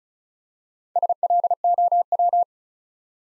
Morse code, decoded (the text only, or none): SLOW